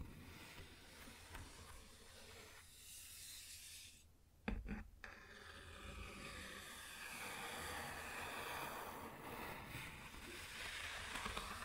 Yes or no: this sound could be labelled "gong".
no